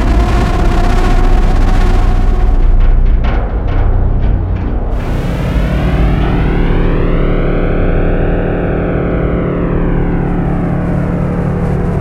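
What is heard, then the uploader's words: Dark cinematic sound effect: a dense, rumbling low drone with a distorted edge, pulsing bursts early on, then a sweeping whooshing shimmer rising and falling. Cinematic Dark Sound Effects. This sound library was created from hardware synthesizers and field recordings, then processed and twisted.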